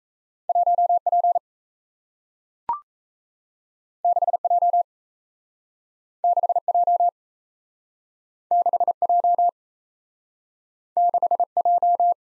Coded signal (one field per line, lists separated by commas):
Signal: Morse code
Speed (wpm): 38 wpm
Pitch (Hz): 700 Hz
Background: none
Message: 1P 6J 6J 6J 6J